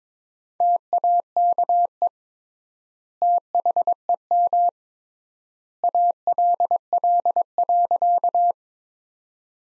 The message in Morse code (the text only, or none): TAKE THEM ALL.